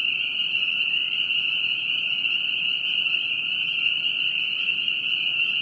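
A dense, even frog chorus, one unbroken high-pitched ringing tone from start to finish.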